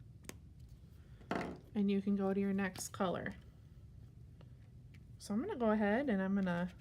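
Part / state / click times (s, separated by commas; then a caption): plastic lid onto toy ice cream container / seated / 0.3 s. A plastic lid is pressed onto a toy ice cream container and clicks shut at 0.3 s, seating it in place. Someone then talks.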